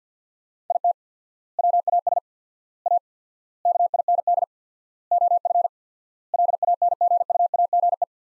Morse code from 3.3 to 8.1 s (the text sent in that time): KIND OF LANGUAGE